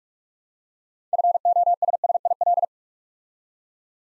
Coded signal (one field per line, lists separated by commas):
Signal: Morse code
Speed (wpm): 44 wpm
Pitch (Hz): 700 Hz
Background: none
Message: FOSSIL